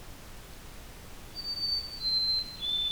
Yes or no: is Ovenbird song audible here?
no